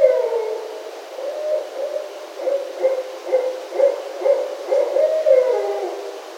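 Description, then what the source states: Barred owl hooting: a rhythmic series of low, resonant hoots, the final note drawn out and sliding downward. Recorded 27 October 2011.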